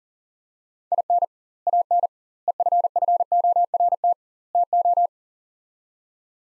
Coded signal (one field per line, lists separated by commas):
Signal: Morse code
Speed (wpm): 40 wpm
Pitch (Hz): 700 Hz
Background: none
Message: IN AN EFFORT TO